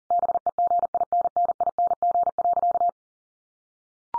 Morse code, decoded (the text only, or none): BEGINNING.